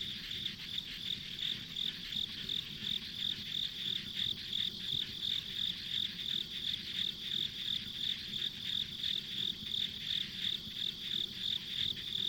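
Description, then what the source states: Insect chorus of high pulsed chirps, close to three each second, layered over an even ringing drone with quiet low-frequency noise. Ambient insect sounds recorded on a country road.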